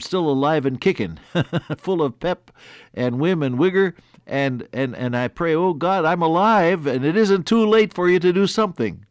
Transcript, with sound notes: I’m still alive and kicking. (Laughs) Full of pep, and vim and vigor. And, and I pray, “Oh God I’m alive and it isn’t too late for you to do something.”